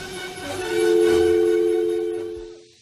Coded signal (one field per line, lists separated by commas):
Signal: telephone call progress tone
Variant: North America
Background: music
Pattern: dial tone